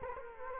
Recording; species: mosquito wingbeat signal from an infrared sensor; Culex quinquefasciatus